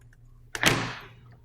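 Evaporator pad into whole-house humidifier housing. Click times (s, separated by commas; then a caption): 0.6 s, 0.7 s. An evaporator pad frame is set into a GeneralAire GA23 whole-house humidifier housing, with the drain at the bottom and the front facing out, then pushed until it snaps in. A sharp click at 0.6 s is followed by a louder snap at 0.7 s, which rings out and fades over the next half second. The pad is seated in place.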